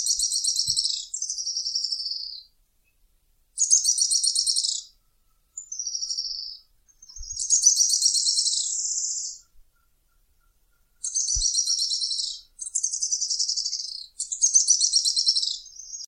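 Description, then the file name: Araucaria tit-spinetail singing rapid, high-pitched chattering trills in bursts of one to two seconds, several run close together, with brief gaps and a few faint low thumps. "canto do grimpeiro"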